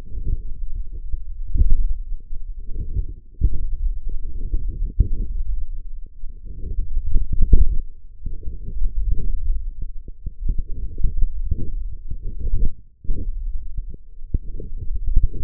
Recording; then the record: forearm muscle sounds (acoustic myography)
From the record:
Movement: hook grip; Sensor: system 1, eight BSWA MPA416 microphones around the upper forearm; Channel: 6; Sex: male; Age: 18 years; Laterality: right